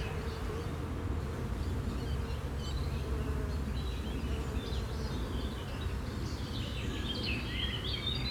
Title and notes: Schuir, Essen, Deutschland. An einem Rapsfeld an einem milden Frühlingsspätnachmittag. Der Klang von Bienen in den Rapsblüten. Stadtklang//: Hörorte